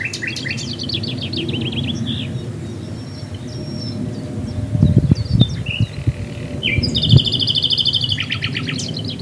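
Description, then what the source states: Common nightingale singing fast repeated trills of stacked notes, pausing, then resuming with a long rapid trill; low thumps and steady background noise in the middle. Recorded at Swale.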